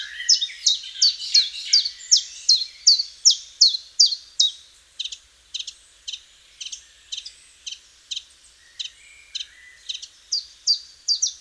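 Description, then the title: Common chiffchaff song: loud, rapid series of clipped, descending notes, softer for several seconds midway before strong notes resume, repeated steadily at two to three per second. "Sylvain Jaskowiak - Mes piafs. Pouillot véloce"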